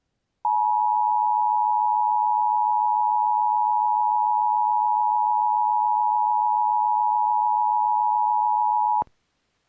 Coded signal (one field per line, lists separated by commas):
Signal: Emergency Alert System (SAME) tones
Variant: 853 and 960 Hz attention tone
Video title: Well that’s a first ￼￼(administrative message for siren testing ￼) (eas 66)